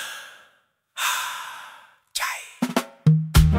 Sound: heavy sigh